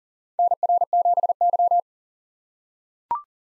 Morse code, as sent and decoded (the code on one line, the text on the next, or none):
-. .-. --... -.--
NR7Y